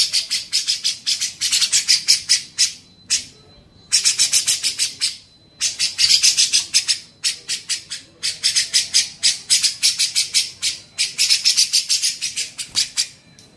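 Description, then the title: Grey-cheeked bulbul harsh chattering: rapid buzzy rasping notes in bursts separated by short pauses, with a faint steady high tone underneath. Masteran training recording made for teaching songbirds. "MASTERAN CUCAK JENGGOT"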